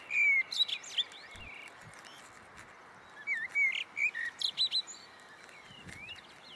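Bird chirps, high and twisting, given in irregular bursts over a steady background hiss.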